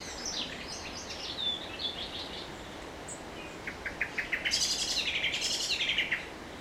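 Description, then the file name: Common blackbird calls: scattered thin whistled notes, then a rapid run of sharp chattering notes, with steady background noise. "Turdus merula"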